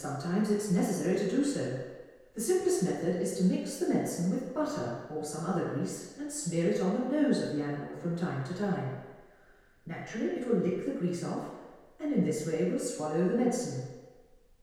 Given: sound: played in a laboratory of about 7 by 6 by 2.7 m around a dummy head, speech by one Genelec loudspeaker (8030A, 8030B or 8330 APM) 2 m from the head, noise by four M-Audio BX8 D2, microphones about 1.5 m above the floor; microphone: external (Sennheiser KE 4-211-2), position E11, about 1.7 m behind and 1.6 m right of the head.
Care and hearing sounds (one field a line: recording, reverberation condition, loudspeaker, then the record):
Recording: female speech in English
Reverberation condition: high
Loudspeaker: 30 degrees to the left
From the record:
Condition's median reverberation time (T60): about 1300 ms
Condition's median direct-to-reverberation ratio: about -4.0 dB